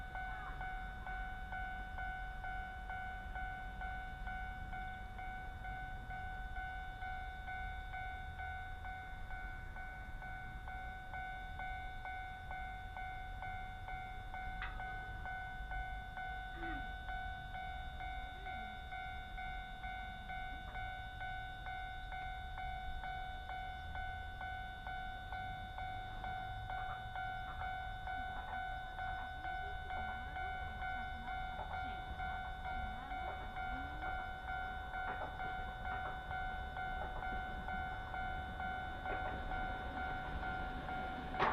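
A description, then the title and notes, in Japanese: A Tarumi Railway train runs from Morera Gifu toward Tarumi with a steady, piercing whine layered over a low, continuous rumble. Faint clicks and knocks turn up irregularly, more often in the second half, while the overall loudness stays even throughout. 樽見鉄道 モレラ岐阜→樽見。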